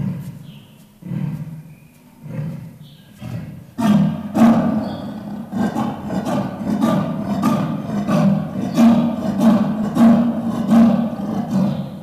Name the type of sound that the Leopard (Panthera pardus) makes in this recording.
call